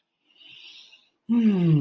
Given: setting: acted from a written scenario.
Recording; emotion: vocal sound without words; romantic love